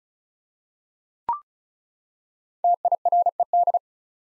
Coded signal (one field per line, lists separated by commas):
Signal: Morse code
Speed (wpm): 36 wpm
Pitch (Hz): 700 Hz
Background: none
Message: TIRED